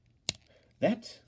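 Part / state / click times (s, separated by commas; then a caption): wing clip on a plastic transforming figure / seated / 0.3 s. A wing clip on a plastic transforming Starscream action figure, a Transformers Studio Series Transformers One deluxe class toy, is pushed down until it snaps into place. A sharp click lands at 0.3 s and the clip seats, and then someone talks.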